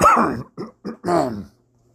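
A quick run of about four short, voiced, throaty coughs from an adult man, bunched into under two seconds with brief gaps. It is a mild, loose-sounding cough from a man who is still a little sick.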